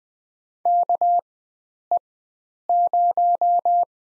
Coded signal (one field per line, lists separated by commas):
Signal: Morse code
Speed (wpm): 21 wpm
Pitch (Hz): 700 Hz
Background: none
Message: KE0